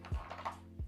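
A handgun is reholstered into a Bravo Concealment kydex concealment holster, and the retention snaps over the gun with a sharp click at 0.5 s. Low thumps are heard around 0.1 s and 0.8 s over a steady low hum. The click shows the pistol is seated and locked in place.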